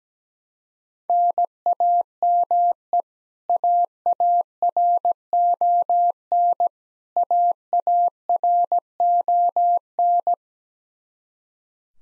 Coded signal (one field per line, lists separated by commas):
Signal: Morse code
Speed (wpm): 17 wpm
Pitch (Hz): 700 Hz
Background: none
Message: NAME AARON AARON